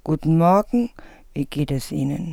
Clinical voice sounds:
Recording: spoken sentence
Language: German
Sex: female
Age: 50 to 59 years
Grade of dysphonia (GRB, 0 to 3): 3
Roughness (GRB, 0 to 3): 2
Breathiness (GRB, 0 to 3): 3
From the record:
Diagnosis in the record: dysphonia, Reinke's edema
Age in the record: 52 years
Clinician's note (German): Beidseitiges Ödem mit hyperfunktioneller unvollständiger Kompensation

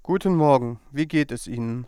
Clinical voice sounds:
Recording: spoken sentence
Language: German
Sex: male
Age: 30 to 39 years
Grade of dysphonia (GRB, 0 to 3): 0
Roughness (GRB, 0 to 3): 0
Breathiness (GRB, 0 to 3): 0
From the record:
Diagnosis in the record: healthy voice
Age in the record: 32 years

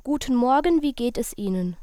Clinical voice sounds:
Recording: spoken sentence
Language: German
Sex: female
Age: 20 to 29 years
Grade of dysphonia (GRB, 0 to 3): 0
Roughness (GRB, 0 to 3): 0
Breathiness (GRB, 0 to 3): 0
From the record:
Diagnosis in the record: healthy voice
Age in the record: 20 years

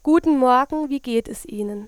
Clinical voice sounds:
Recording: spoken sentence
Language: German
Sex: female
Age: 18 to 19 years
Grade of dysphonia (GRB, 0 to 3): 0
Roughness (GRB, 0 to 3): 0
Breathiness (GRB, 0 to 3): 0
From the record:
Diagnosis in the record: healthy voice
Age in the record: 19 years

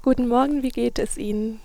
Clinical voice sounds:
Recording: spoken sentence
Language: German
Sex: female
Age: 30 to 39 years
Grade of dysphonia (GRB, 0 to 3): 0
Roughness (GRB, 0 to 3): 0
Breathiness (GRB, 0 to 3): 0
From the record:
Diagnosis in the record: psychogenic dysphonia, superior laryngeal neuralgia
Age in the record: 35 years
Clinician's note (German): Leicht funktionelle Dysphonie

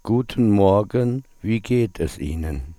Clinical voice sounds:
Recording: spoken sentence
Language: German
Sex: male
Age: 50 to 59 years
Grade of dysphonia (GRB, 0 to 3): 2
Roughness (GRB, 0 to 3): 2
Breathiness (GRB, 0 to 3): 2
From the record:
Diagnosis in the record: dysphonia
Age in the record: 59 years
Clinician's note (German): Multifaktoriell ponogen

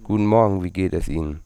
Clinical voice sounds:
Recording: spoken sentence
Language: German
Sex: male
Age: 20 to 29 years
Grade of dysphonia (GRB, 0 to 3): 2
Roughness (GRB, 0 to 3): 2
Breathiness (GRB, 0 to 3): 0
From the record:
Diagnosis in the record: hyperfunctional dysphonia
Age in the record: 26 years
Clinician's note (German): Leicht ödematöse Stimmlippen, Gesangstechnik

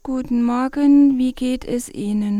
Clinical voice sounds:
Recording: spoken sentence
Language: German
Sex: female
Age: 40 to 49 years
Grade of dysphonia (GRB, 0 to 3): 2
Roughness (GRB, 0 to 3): 1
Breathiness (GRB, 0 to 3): 2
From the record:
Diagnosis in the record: recurrent laryngeal nerve paralysis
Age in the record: 41 years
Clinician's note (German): Links paramedian, mit beginnender phonatorischer Kompensation

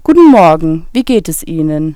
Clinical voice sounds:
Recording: spoken sentence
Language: German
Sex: female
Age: 20 to 29 years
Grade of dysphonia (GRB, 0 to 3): 1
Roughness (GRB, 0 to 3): 0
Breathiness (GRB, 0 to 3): 0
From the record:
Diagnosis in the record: healthy voice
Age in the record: 23 years

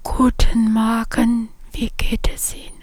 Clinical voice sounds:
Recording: spoken sentence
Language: German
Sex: female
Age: 50 to 59 years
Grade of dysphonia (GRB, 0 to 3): 2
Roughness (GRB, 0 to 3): 0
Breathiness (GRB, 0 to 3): 2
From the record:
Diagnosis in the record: recurrent laryngeal nerve paralysis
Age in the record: 54 years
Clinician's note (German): Strumiprive, beidseitig, alte rechts, hier excavierte Stimmlippe, links keine Restbeweglichkeit, Stridor

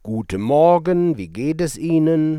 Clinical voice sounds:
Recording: spoken sentence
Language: German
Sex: male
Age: 50 to 59 years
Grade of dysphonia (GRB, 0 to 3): 1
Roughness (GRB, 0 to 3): 1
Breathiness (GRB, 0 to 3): 0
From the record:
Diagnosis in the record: fibroma, hyperfunctional dysphonia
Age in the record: 59 years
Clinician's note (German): Subglottisches Fibrom mit leichter Hyperfunktion

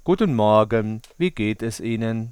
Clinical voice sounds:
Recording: spoken sentence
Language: German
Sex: male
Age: 50 to 59 years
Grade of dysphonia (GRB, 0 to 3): 0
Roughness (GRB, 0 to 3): 0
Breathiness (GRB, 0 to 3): 0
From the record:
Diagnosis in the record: contact pachydermia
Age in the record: 55 years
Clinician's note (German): Rezidiv

